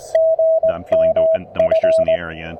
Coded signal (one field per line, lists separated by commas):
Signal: Morse code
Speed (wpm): 19 wpm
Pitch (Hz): 590 Hz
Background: speech, radio noise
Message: GMF